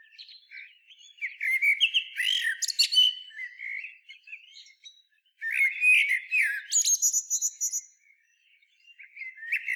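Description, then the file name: A common blackbird sings: warm whistled notes tumbling into squeaky, buzzy high trills, two main phrases with a short silence between them. "Turdus merula"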